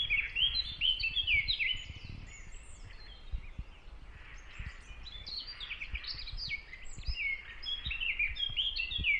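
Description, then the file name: Eurasian blackcap song: sharp high notes and phrases repeated throughout over steady background noise. "Sylvia atricapilla"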